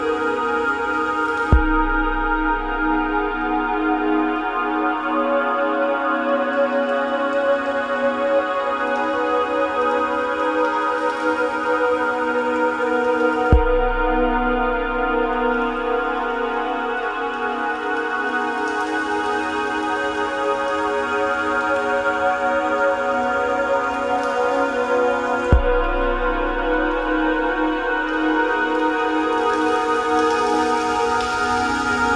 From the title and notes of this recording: Relaxing autumnal soundscapes.